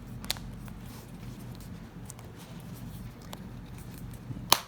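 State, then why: Seated. After the coin battery is replaced and the middle cover is pushed on, the plastic case shell is fitted back onto a 2013–2019 Dodge Ram 1500/2500/3500/4500 truck key fob. Faint handling clicks come at about 0.3, 2.1 and 3.3 s over low background noise. The case snaps shut with a sharp, loud click at 4.5 s, showing it has clicked on.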